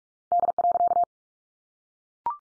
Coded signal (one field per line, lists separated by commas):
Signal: Morse code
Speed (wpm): 44 wpm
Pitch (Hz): 700 Hz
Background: none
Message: D.